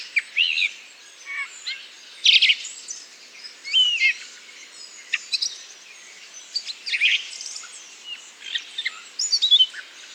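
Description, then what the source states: Redwing subsong: a soft, rambling stream of high twitters, chirps and squeaky whistles with short pauses, continuing throughout without a set pattern. Solitary redwing giving babbling subsong (babil) in Bois du Puech; recorded with Telinga.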